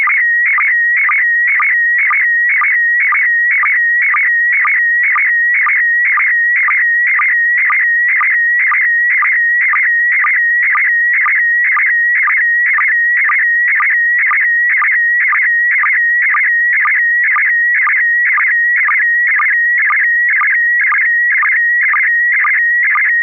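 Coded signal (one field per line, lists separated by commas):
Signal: SSTV (slow-scan television)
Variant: PD120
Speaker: I'm sorry it's going to be uh uh pd1 pd120 p p I'm sorry pd10 d d d [Laughter] d kp4md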